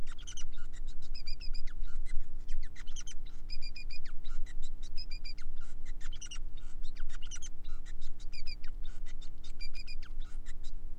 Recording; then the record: song of a male Bengalese finch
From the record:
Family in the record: son of father 5